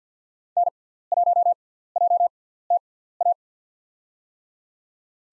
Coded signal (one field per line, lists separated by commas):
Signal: Morse code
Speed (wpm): 50 wpm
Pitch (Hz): 700 Hz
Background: none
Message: N1JTA